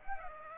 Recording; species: mosquito wingbeat signal from an infrared sensor; Aedes aegypti